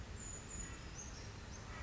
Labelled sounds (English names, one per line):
Brown Creeper